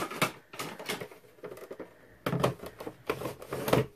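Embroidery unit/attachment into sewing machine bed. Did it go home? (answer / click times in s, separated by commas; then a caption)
no / none. A plastic embroidery unit is handled and pushed toward the bed of a Brother HE-240 sewing and embroidery combo machine after another piece is pulled off to switch modes. Soft rattling and scraping are heard, with sharper plastic knocks at about 0.2, 2.4 and 3.7 seconds. Nothing has seated or clicked yet.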